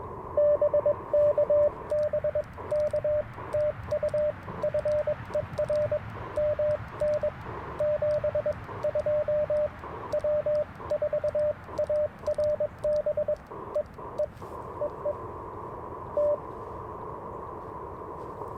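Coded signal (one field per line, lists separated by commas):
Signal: Morse code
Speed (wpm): 22 wpm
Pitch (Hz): 600 Hz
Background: radio noise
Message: BK BK TU FER MN 72 W4ARB E E EE T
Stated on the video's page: Live early-morning QRP CW Parks on the Air activation in a national forest, using an Icom IC-705, Alex Loop antenna and paddle key.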